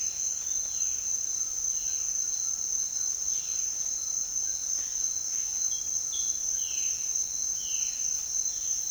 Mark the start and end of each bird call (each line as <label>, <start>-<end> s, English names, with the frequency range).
Violaceous Jay (1.6-3.8 kHz), 6.50-8.90 s